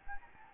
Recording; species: mosquito wingbeat signal from an infrared sensor; Anopheles gambiae